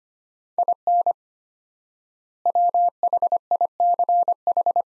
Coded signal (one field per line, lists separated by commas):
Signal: Morse code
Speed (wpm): 25 wpm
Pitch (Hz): 700 Hz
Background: none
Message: IN WHICH